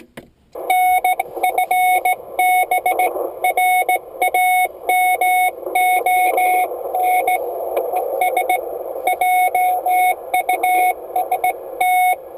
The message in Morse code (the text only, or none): NFB RAMON ES JUST